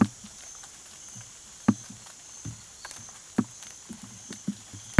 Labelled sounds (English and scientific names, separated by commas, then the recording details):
none
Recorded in pastures near Puerto Asís, Putumayo, Colombia, on 25 June 2025 at 00:00
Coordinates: 0.487, -76.322
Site H26